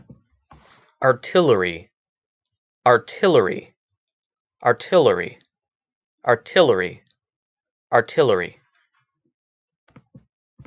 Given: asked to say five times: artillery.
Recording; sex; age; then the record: repeated word; male; 30 to 39 years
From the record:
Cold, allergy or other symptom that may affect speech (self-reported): no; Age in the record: 31 years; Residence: Illinois, United States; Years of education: 16